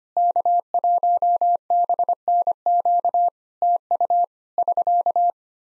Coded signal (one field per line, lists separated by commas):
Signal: Morse code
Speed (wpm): 25 wpm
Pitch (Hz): 700 Hz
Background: none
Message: K1BNQ TU <SK>